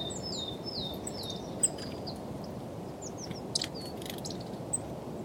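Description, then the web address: Grey-headed woodpecker calling faintly with sliding whistled notes and scattered high chirps and clicks, over a constant low rushing noise. "linnut harmaap 2. linnut taustaa aanet"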